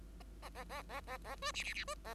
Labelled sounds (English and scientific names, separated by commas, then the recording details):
Bengalese Finch (Lonchura striata domestica) song
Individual Bird5